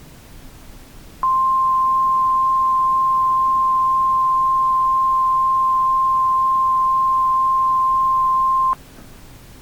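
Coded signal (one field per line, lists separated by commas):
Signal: Emergency Alert System (SAME) tones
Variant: 1050 Hz attention tone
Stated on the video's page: Mock Winter Storm Warning for Portland, Maine, old-school style with text-to-speech voice.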